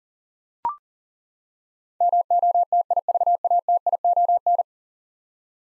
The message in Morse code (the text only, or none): MOTIVATION